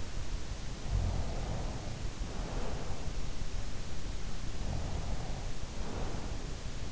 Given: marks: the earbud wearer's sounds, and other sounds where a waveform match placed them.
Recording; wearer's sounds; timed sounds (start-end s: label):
sounds in sleep by an in-ear microphone; snoring breath, breath
0.95-3.47 s: snoring breath
4.46-6.74 s: breath